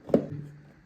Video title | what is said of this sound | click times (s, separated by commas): How to change a GSX-R600 K5 Blinker Relay #gsxr600 #gsxr #suzuki | You will hear a click, which means it's in. | 0.1 s